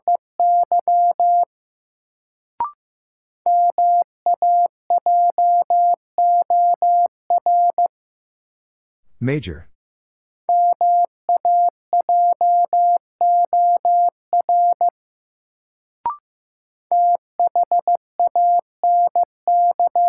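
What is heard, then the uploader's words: Morse code beeps in a steady mid-pitched tone, short and long keyed pulses grouped into runs with brief gaps. Near nine seconds the keying stops for a burst of sliding, crackly noise, and two faint clicks land around 2.5 and 16 seconds. Sentences from Top 600 Words - New Word Drill - 15wpm. First, the word is sent in Morse code.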